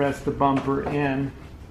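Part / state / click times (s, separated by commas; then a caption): front bumper cover edge into fender side bracket / not seated / none. On a 2014-2018 Mazda 3, the plastic front bumper cover edge is pressed into its fender side retaining bracket while someone talks throughout. The rest of the cover is held in with push pins. Nothing has seated or clicked yet; the clip ends before the cover snaps home.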